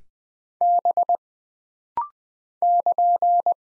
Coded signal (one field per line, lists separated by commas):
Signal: Morse code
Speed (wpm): 20 wpm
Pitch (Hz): 700 Hz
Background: none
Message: B <KN>